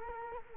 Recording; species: mosquito wingbeat signal from an infrared sensor; Culex quinquefasciatus